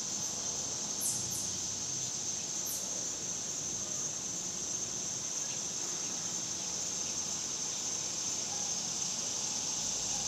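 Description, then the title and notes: Cicada chorus, a constant shrill buzz, with a few quick very high chirps early on from another caller. Several cicadas outdoors in summer in the suburbs. "Ext Summer Cicadas, Suburbs by Bandeto"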